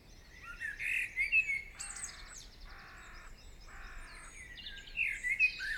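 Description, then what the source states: Birdsong with bright whistles, then three harsh buzzy rasping notes in a row, followed by more whistled chirps. Birds singing in the morning.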